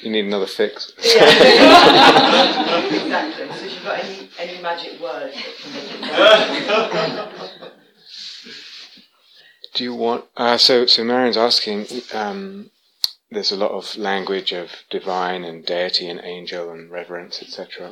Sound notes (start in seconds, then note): 1.0 laughter; 5.3 laughter